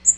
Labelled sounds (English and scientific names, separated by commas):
Magnolia Warbler (Setophaga magnolia) flight call